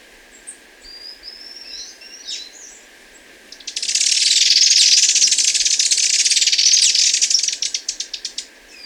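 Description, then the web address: Superciliaried hemispingus calls: a few thin squeaky notes, then a sustained loud buzzy chatter lasting about four seconds that breaks into separate stuttering notes. Ecuador. "Birds of Ecuador. Superciliaried Hemispingus"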